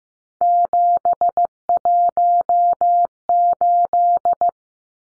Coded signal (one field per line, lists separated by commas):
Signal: Morse code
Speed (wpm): 15 wpm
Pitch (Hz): 700 Hz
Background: none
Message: 718